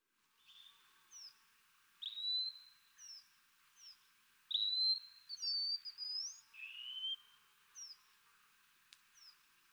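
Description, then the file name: Wallcreeper giving thin, rising whistled notes, some drawn out and upslurred, mixed with short high descending chips scattered throughout. "TICHODROME"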